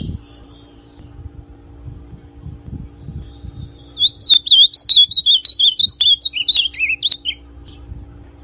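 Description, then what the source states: Ultramarine grosbeak song: after a quiet start, one run of fast, wavering whistled notes lasting about three seconds, dropping lower toward the end; soft low rumble throughout. Classic song style, original.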